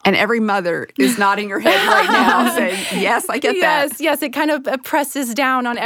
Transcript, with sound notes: And every mother is nodding her head right now, saying, “Yes, I get that!” (laughter)
Yes, yes, it kind of presses down on every...